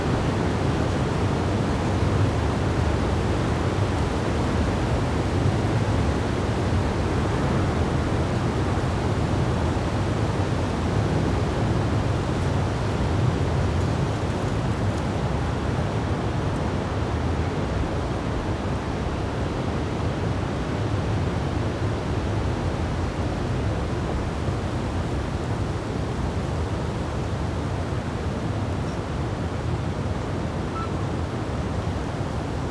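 A gentle breeze blows steadily through the night, a soft, even rushing that holds the same level for the whole half minute. The sound sits mostly low and full, with a faint hiss above and no separate events or other sounds breaking through.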